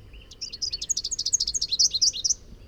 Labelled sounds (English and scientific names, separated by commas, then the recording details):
Rufous-capped Warbler (Basileuterus rufifrons) song
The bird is a male
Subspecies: rufifrons
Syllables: 23
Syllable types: 7
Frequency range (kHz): 2.7-8.2 kHz
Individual MO-NRS-M